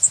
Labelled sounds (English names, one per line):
Blackpoll Warbler flight call